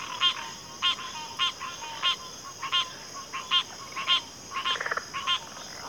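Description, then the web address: Crickets chorusing: a constant high trill in the background, with a loud pulsed chirp repeating roughly every half second, one brief rattling burst near the end. Cricket chorus in a backwater setting. "Sleep Sounds of Nature CRICKETS Backwater Chorus"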